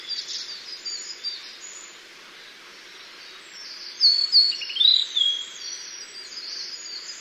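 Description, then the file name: Blue-and-white flycatcher song, a short burst of bright whistled notes midway through, with fainter high notes before and after against a constant background hiss. "ooruri"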